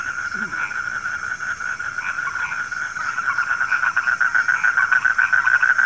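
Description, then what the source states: Chorus of frogs, fast rattling pulses growing louder and more rhythmic toward the end, with a few higher chirps. Frogs calling at night.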